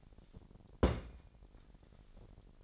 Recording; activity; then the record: daily activity, microphone in the room; place on stove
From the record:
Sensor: 5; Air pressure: 1012.2 hPa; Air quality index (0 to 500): 236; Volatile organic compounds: 4 ppm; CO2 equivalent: 1569 ppm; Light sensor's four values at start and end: 45/102/43/45 and 45/101/43/45